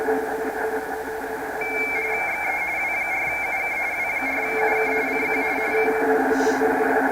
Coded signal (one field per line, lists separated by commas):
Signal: RTTY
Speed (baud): 45.45 baud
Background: radio noise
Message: XE W4UK W4UK CQ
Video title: 40M Rtty Fun and other digital modes